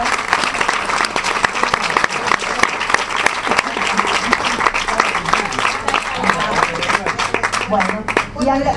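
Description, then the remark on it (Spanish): Sustained audience applause for the 32 people from across the country who made an analysis, a dense crackle of many hands clapping at a steady, fairly loud level throughout, with a voice briefly audible near the end as the clapping tapers. “Le vamos a pedir un fuerte aplauso para todos.”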